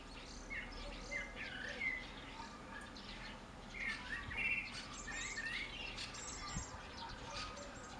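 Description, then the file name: Common blackbird delivering several flute-like warbled phrases in succession, with higher twittering. "Turdus merula"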